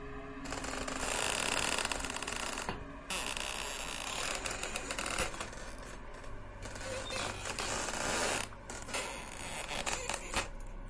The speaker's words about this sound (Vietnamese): Ngay khi đưa tay muốn đẩy nắp quan tài, đột nhiên ở đằng sau của Lô Tiểu Bắc vang lên những tiếng kêu kẽo kẹt đến rợn cả người.